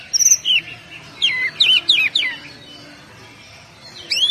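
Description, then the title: Oriental magpie-robin song, clear whistled phrases with sliding and warbled notes in short bursts over the first two and a half seconds, then a quiet gap before a final rising note. "Kacer"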